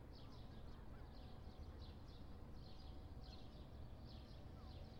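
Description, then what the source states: Birds: chirps come in repeated short high clusters, fairly soft beneath a constant low rumbling background. Morning at a riverside in Porto.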